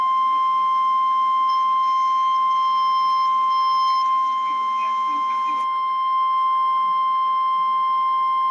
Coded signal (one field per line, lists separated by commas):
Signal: Emergency Alert System (SAME) tones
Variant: 1050 Hz attention tone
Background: speech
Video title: REAL EAS 540-Severe thunderstorm warning